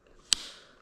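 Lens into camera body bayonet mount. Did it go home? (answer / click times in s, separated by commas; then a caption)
yes / 0.3 s. A camera lens is placed on the camera body with its white dot lined up to the body's dot and twisted until the bayonet mount locks. A single sharp, bright click at 0.3 s rings briefly in the high frequencies before fading, and the lens is seated.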